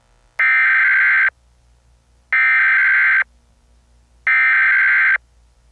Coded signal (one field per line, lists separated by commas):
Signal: Emergency Alert System (SAME) tones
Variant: header bursts